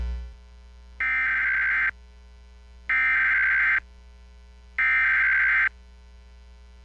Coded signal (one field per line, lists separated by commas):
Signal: Emergency Alert System (SAME) tones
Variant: header bursts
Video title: (EAS #57) | Guam Flash Flood Warning on KGUM | 08/27/2020